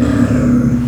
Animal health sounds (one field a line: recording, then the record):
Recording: squeal of a Yucatan mini pig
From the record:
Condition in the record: after surgery on the right vocal fold (resection and tissue-engineered implant)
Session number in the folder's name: 11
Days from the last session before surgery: 98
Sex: female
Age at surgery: 19 weeks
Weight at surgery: 25 kg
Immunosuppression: prednisolone